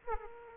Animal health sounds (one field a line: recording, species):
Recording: mosquito wingbeat signal from an infrared sensor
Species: Aedes aegypti